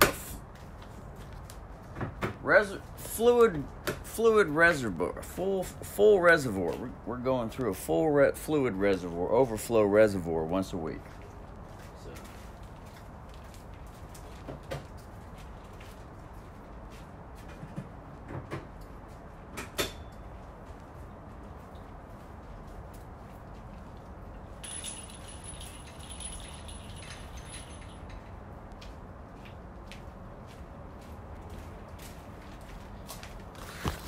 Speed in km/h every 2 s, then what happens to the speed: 1, 1, 1, 1, 1, 1, 1, 1, 1, 1, 1, 1, 1, 1, 1, 1, 1.
0-34 standing.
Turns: none.